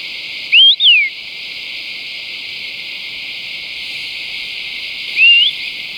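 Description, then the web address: Black-billed shrike-tyrant calls: a thin rising whistle, then a quick falling one, and a further rising whistle about four seconds later, over steady hiss. Recorded in Ecuador. "Birds of Ecuador 3. Black-Billed Shrike-Tyrant"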